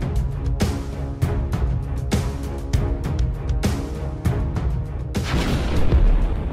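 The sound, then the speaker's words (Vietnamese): A string of heavy, thunderous explosion blasts booms out one after another from outside over a constant deep rumble, shaking the ground and raising smoke and dust, each burst sharp and loud, with a harsher roaring surge near the end. “Ba Phổ còn chưa hiểu thầy Lương đang nói gì thì từ bên ngoài vang lên tiếng nổ ầm trời.”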